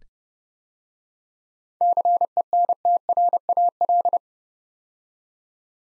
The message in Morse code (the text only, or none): CENTRAL